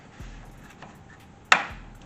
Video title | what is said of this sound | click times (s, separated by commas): Making My Fiesta ST180 Engine Bay POP! - Dress-Up Mods | Hear the click. | 1.5 s